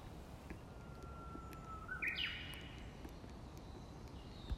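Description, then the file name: Japanese bush warbler song: a long whistle, then a short, sharp, higher flourish, with faint ticks and low background rumble. "Uguisu"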